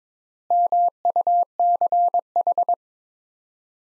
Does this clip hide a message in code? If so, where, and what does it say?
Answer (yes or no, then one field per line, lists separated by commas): yes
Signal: Morse code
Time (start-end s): 0.5-2.7 s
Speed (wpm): 22 wpm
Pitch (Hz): 700 Hz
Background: none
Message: MUCH